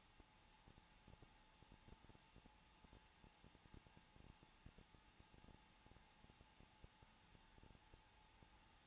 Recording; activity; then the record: daily activity, microphone in the room; no activity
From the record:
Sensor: 1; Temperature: 20.2 degrees Celsius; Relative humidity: 35.7%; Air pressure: 994.5 hPa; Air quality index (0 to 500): 182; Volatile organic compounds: 7 ppm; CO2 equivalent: 1999 ppm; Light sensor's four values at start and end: 1/2/1/1 and 1/2/1/1